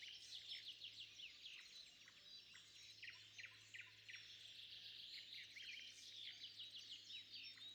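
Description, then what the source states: Birds singing in a busy mix of sharp chirps, quick trills and high twitters, continuous throughout, with a low constant hum. At sunrise.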